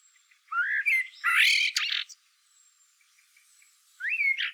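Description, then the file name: Common blackbird giving a rising fluted note run into a loud scratchy high twitter, then a pause and another rising mellow phrase. "Turdus merula"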